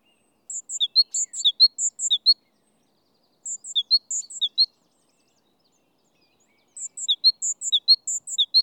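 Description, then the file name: Great tit calling in three bursts of rapid, high two-note phrases, each a sharp high note and a lower one alternating, with quiet pauses between bursts and no other sounds. "Parus major"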